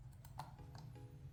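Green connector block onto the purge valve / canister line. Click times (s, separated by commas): 0.4 s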